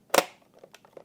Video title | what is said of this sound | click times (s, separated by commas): How To Upgrade the Factory 2005-2015 Toyota Tacoma Radio to a 10.2" Dasaita Android Car Stereo | go and slide this into back here like this you see how it fits and you'll hear clicks | 0.2 s, 0.8 s